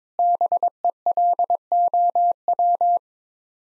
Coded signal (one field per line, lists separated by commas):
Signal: Morse code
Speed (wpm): 22 wpm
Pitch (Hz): 700 Hz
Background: none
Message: BELOW